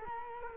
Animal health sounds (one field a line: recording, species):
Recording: mosquito wingbeat signal from an infrared sensor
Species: Culex quinquefasciatus